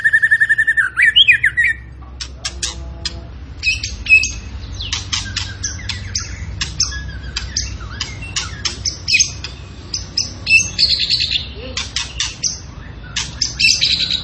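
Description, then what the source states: Tembakan bird song: an opening warbled whistle followed by long stretches of rapid, harsh, scratchy chatter with occasional brief whistled notes. Tembakan bird singing actively (gacor), used for training cage birds (masteran).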